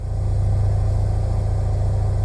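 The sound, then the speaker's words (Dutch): A washing machine runs with a steady, loud low hum and a fast, even mechanical throb pulsing underneath, unbroken from start to end with no voices. “En het geluid van een wasmachine levert evenveel geld op als de nieuwe single van …”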